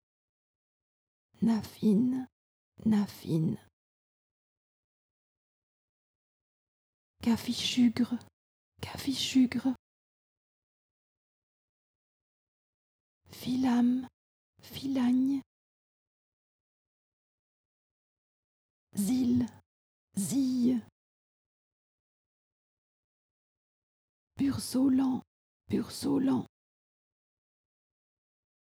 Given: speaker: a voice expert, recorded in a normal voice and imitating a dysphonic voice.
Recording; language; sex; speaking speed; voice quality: pseudo-word pairs; French; female; normal speed; dysphonic voice